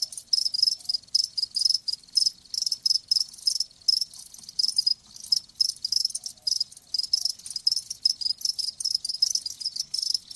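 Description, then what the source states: Loud cricket chirping, rapid high pulses repeating several times per second in a continuous rhythmic chorus. Live crickets chirping, as a sleep sound.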